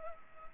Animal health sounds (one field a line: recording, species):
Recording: mosquito wingbeat signal from an infrared sensor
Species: Culex pipiens